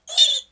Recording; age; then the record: pig call; piglet (1 to 25 days)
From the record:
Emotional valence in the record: negative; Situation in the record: restrain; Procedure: back test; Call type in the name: high-frequency call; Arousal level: maximum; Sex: male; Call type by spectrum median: high-frequency call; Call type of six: high-frequency stable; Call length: 0.52 s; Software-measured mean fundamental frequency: 322 Hz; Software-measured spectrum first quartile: 3564 Hz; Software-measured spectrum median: 4183 Hz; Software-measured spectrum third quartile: 7788 Hz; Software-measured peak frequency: 3643 Hz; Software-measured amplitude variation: 229 dB a second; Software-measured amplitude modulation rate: 12.5 a second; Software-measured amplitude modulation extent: 18.4 dB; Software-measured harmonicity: 9.8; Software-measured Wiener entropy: -2.83